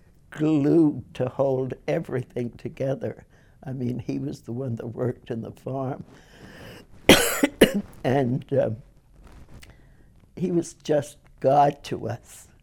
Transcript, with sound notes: glue to hold everything together, I mean he was the one who worked on the farm (she coughs) and he was just God to us.